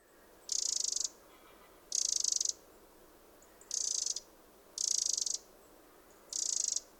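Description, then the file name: Eurasian wren repeating rasping rattle bursts about every second and a half, five in all, over a low steady background hiss. "Troglodytes troglodytes"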